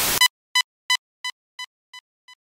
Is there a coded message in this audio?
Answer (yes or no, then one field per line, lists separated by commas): no